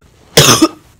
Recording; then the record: coughing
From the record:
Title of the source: Wet coughing